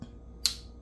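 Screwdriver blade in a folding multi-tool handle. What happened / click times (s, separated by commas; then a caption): The folding tool blade snapped into its open position / 0.5 s. The screwdriver blade of a folding multi-tool is opened from its handle and snaps into its open position with a single crisp click at 0.5 s. A faint low rumble sits underneath, and a brief soft tap comes near the start. The screwdriver is seated and locked open.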